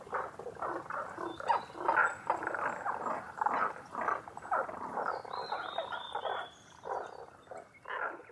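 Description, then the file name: Tago's brown frog croaks repeatedly amid a thick chorus, with a faint series of higher whistled notes partway through. Recorded 11 June 2010 at 18:05. "tagogaeru 20100611-1805"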